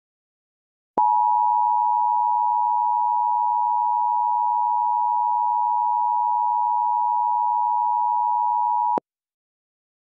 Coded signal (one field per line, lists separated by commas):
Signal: Emergency Alert System (SAME) tones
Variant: 853 and 960 Hz attention tone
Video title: EAS Child Abduction Emergency Los Angeles,CA REAL